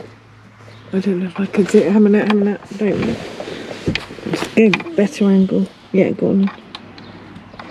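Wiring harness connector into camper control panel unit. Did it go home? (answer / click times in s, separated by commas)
yes / 7.6 s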